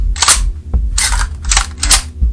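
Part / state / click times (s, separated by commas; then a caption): toy dart magazine into blaster magazine adapter / not seated / none. A plastic toy dart magazine is pushed into a different blaster magazine adapter, the Dart Zone adapter, producing four sharp bursts of hard plastic rattling and scraping at about 0.2, 1.0, 1.5 and 1.9 s, with a low hum underneath. The magazine will not lock, so nothing has seated or clicked.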